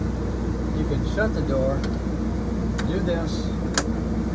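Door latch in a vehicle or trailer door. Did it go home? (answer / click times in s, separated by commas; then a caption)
yes / 3.8 s. A vehicle or trailer door is shut gently rather than slammed, so as not to disturb neighbors late at night, and the latch is worked and the handle pulled while someone talks over a steady low hum. A single sharp click at 3.8 seconds shows the door latch engaging.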